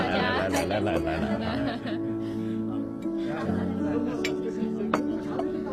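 A few bright glass clinks ring out during a toast at a dinner party, scattered over a steady bed of overlapping chatter and light laughter from a group of people.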